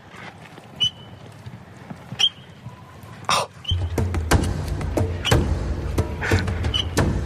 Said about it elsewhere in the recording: Do you hear the squeak? I do. That's his teeth grinding. Gnashing his teeth. Yeah, he's grinding his teeth. It's kind of a it's a boy all thing.